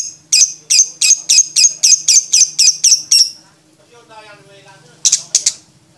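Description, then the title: Lovebird delivering a quick string of about eleven bright, high chirps, then a pause and two harsher squawks. Champion lovebird with a clear voice, song used as masteran material for training other songbirds. "MASTERAN BURUNG 2. Kicau Suara Burung Lovebird Juara Suara Bening"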